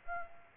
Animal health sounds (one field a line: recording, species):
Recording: mosquito wingbeat signal from an infrared sensor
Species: Aedes aegypti